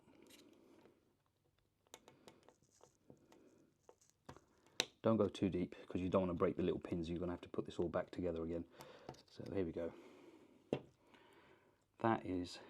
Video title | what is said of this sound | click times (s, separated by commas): Tracking Down Stolen Tools /cars with AirTags | it will make a little clicky noise once it's out just get into the side of it | 4.8 s